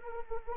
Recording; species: mosquito wingbeat signal from an infrared sensor; Anopheles arabiensis